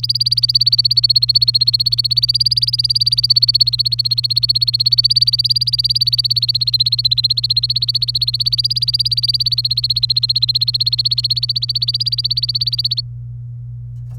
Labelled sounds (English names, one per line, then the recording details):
Domestic Canary song
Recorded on 27 April 2018 at 08:18
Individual llb3